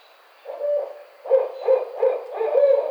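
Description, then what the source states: Barred owl hooting: a longer hoot, then three short hoots and a final drawn-out hoot. Recorded on 25 May 2009.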